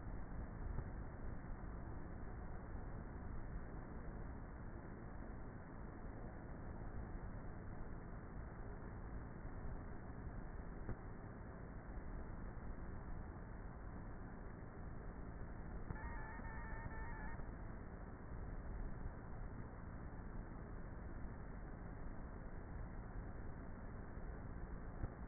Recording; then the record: honeybee colony, microphone inside the hive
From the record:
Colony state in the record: queenless with a low population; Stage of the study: before two queens were removed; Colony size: about 30,000 bees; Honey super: no